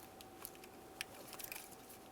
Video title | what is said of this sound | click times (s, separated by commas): How To Replace Engine Knock Sensor 2003-2011 Mercury Grand Marquis | listen for a click give it a tug to make sure it's completely secured | 1.0 s